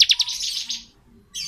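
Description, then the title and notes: Bar-winged prinia song: three sharp high notes lead into a fast buzzy trill that fades, followed by one brief high chirp. Ciblek song in the ngebren style, used as masteran training audio for oriental magpie-robins. "Ciblek Ngebren Untuk Masteran Murai Batu. Suara burung ciblek"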